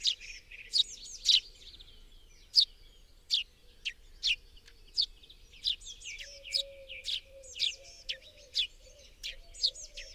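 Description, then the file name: Eurasian blue tit calls: many separate sharp high chirps, with brief twittering bursts and a low tone strengthening midway. "Cyanistes caeruleus"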